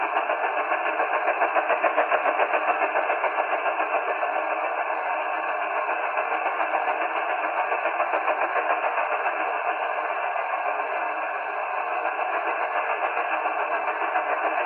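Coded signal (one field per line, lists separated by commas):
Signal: radar signal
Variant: Russian Woodpecker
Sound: continuous harsh rapid tapping buzz, roughly eight taps a second, over hiss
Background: radio static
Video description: The audio at the beginning is the "new" Russian woodpecker which appears across 34 MHz.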